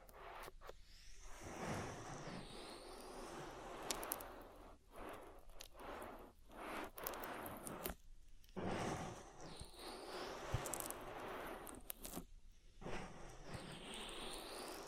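An oil ear massage: continuous wet, slippery rubbing and swishing fills nearly the whole clip, dense and full across lows and highs. Brief gaps in the sound come near 0.5, 4.8, 8 and 12.5 seconds, and sharp crackling ticks and pops are scattered throughout.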